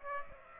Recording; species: mosquito wingbeat signal from an infrared sensor; Aedes aegypti